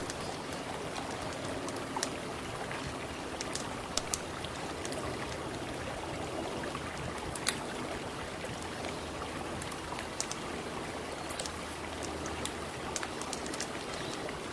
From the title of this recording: camping by the river, light a bonfire, watch the stars, the sound of cicadas